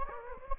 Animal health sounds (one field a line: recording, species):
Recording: mosquito wingbeat signal from an infrared sensor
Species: Anopheles gambiae